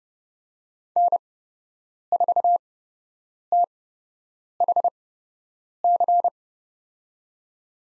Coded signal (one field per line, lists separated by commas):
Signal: Morse code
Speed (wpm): 30 wpm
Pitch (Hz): 700 Hz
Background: none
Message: N4THC